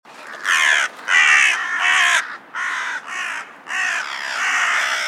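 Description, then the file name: Carrion crow cawing: about seven harsh, grating caws in quick succession, some run together, over a light background hiss. "Corvus corone"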